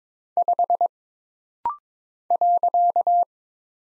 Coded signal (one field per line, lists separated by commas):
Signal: Morse code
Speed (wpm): 22 wpm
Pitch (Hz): 700 Hz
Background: none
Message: 5 .